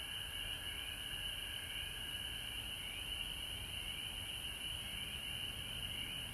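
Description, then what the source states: Frogs calling in a dense chorus, a steady high shrill drone that never breaks, with a fainter lower band and a low background rumble. Recorded at home in Georgia on March 19, 2020.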